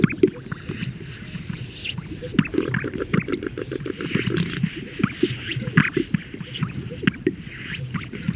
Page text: Greater Sage Grouse males performing at a lek, where they inflate a large sac and release the air